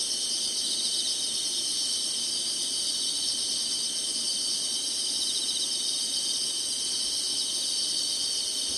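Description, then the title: Insects in a loud, unbroken chorus of shrill high trills, the layered buzzing holding steady in level from start to finish. Summer insect chorus. "SINGING INSECTS SUMMER"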